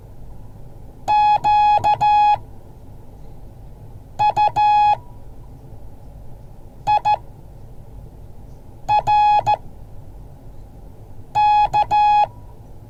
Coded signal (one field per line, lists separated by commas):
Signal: Morse code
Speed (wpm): 14 wpm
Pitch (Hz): 840 Hz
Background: none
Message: Q U I R K